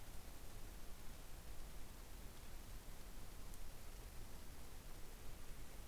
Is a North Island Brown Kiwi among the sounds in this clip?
no